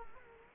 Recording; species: mosquito wingbeat signal from an infrared sensor; Culex quinquefasciatus